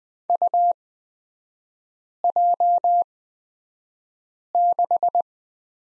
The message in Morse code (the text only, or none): UJ6